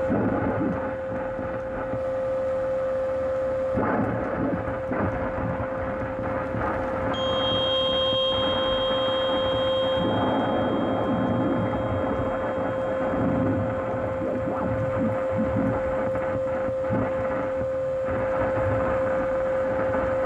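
Radio interference on an AM band: a dense, steady wash of rough static with a strong fixed whine running through the whole clip. From about seven seconds, thin high buzzing tones join in, and the crackling texture surges and fades without stopping.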